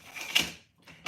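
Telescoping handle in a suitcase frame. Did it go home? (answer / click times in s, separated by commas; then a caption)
yes / 0.4 s. The telescoping handle of a rolling suitcase is pulled up inside its frame with a short sliding rattle and locks at one of its height positions with a single sharp click at 0.4 s. The handle is seated, and after a brief quiet there is faint handling noise and another short burst at the very end.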